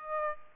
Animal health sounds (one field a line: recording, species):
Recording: mosquito wingbeat signal from an infrared sensor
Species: Aedes aegypti